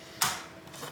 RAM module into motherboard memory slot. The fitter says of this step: that should click into position